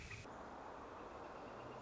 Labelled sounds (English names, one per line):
Northern Flicker